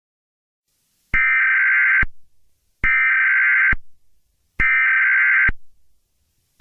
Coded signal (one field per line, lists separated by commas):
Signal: Emergency Alert System (SAME) tones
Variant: header bursts